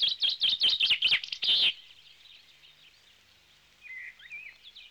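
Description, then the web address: Bird calls: a fast series of loud, sharp high chirps for under two seconds, then faint soft twittering. "audio animali uccelli 03 uccelli birds 08"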